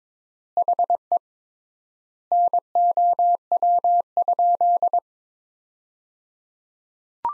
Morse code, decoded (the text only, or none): HE NOW?